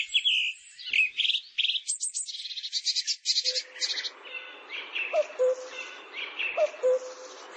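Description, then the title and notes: Bar-winged prinia song: quick high chirps and buzzy bursts, then a rougher, quieter chattering passage. Full song, including continuous 'ngerol' singing. "Suara Kicau Burung Prenjak Lengkap dan Ngerol"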